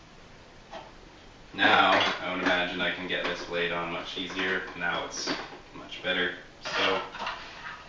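Someone talks while handling a food processor, fitting a blade onto the small bowl now set in its slots, with faint handling sounds under the voice. The attachment has not been slid into place on the bowl assembly yet, and nothing has seated or clicked.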